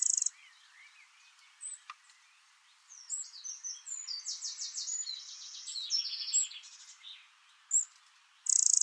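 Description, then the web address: Bird song, quick high buzzy trill phrases and short whistles, a long rattling series midway, ending in a loud high buzz. "cianscape birddata Deverinetal 2025. Bird Only"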